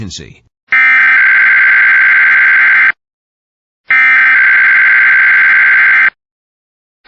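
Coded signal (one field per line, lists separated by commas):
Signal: Emergency Alert System (SAME) tones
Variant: header bursts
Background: speech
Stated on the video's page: Real required weekly EAS tests.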